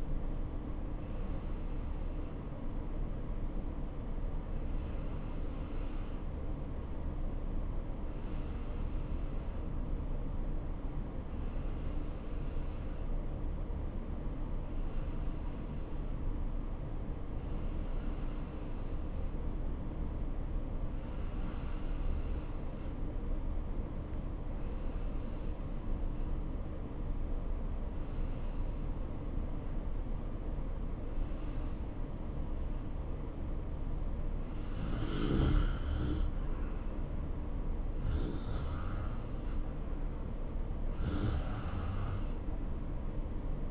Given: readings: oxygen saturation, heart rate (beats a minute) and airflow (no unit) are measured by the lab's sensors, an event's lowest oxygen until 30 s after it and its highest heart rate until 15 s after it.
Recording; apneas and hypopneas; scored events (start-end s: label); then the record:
breathing in sleep by a smartphone at the bedside; 1
11.00-35.10 s: hypopnea (N2, oxygen 94% highest, then 88% lowest, heart rate 65 at the start, 70 highest)
From the record:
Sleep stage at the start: N2 (light sleep); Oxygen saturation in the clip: 90 to 94%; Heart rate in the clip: 59 to 70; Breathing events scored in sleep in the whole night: 277 in 7.4 hours asleep